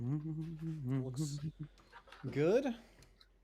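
While upgrading a Prusa XL 3D printer to a dual-head setup, an unnamed part, possibly a printed part on the tool head, is handled before being slid into the tool head assembly as someone talks. The part has not seated or clicked into place yet.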